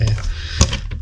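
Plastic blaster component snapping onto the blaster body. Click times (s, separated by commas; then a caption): 0.6 s. During assembly of a full-auto HPA foam-dart blaster, a plastic part is pressed onto the blaster body and snaps into place with a sharp, bright click at 0.6 s, the loudest hit in the clip. Quieter ticks and handling sounds come before and after it. The part is seated.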